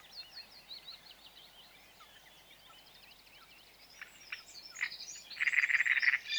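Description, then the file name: Great reed warbler song, faint scratchy chatter at first, building into a loud run of harsh repeated notes near the end over steady background hiss. "Grotekarekiet"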